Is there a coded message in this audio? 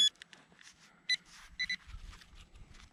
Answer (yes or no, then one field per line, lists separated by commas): no